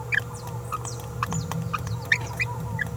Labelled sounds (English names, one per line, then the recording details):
Green-rumped Parrotlet babbling
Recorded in a nest box in Venezuela
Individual 18B17A3